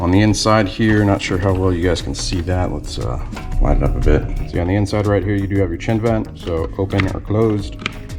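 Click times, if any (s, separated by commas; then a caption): none. A plastic chin vent slider on the inside of a Ruroc Berserker motorcycle helmet chin bar is handled and moved between open and closed while someone talks over background music. Nothing has seated or clicked yet.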